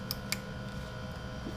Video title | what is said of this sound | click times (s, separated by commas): Installing Jeep Wrangler JK 3.8 Intake Gasket Chasing ETC Problem! | that one well I felt it click with my finger so that one went in twice so this is the map sensor | 0.1 s, 0.3 s